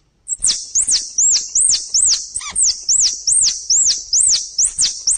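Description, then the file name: Squirrel calls: a fast steady series of high, arched chirps, roughly two or three per second, without pause. Thailand. "tieng soc thai lan keu"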